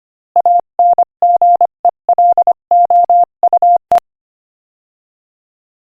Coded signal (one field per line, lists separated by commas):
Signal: Morse code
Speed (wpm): 24 wpm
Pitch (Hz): 700 Hz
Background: none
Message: ANGELOUE